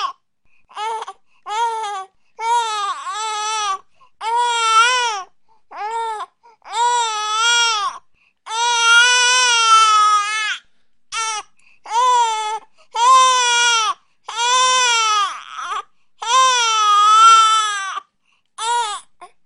Baby Crying Sound.